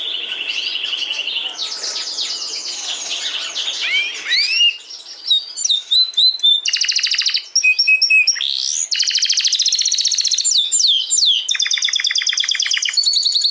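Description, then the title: Domestic canary singing a long varied song, mixing steady whistles, fast rattling trills and sharp upward-sweeping notes in quick succession. Portuguese canary breed. "Kenari Portugis"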